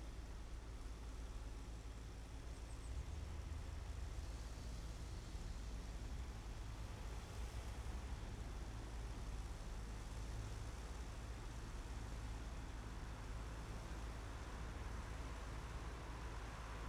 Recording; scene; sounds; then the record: everyday scene through a hearing-aid microphone; in traffic; traffic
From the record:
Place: main city hub, rush hour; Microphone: behind the ear, right, front